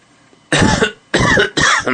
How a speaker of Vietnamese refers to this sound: Mông Ngào ho khan lên tiếng.